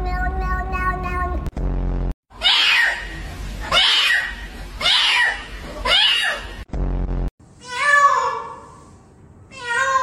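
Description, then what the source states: Cat sounds with a long harmonic meow, then several breathy hissing bursts, ending with wavering meows. Described as funny cat sounds.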